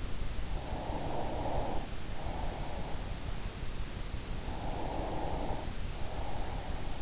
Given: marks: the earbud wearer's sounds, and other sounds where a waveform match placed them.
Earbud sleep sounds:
sounds in sleep by an in-ear microphone; breath
0.30-3.16 s: breath
4.20-7.02 s: breath

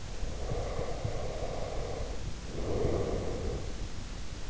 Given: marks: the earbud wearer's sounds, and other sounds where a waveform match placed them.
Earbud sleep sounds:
sounds in sleep by an in-ear microphone; breath
0.32-3.96 s: breath

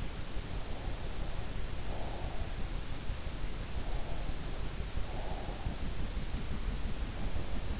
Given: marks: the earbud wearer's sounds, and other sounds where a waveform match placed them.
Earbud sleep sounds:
sounds in sleep by an in-ear microphone; breath
1.55-2.83 s: breath
3.67-5.82 s: breath

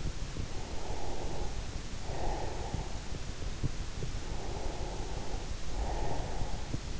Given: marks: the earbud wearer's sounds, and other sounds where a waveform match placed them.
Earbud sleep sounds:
sounds in sleep by an in-ear microphone; breath
0.37-3.10 s: breath
4.27-7.00 s: breath

